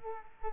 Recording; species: mosquito wingbeat signal from an infrared sensor; Culex quinquefasciatus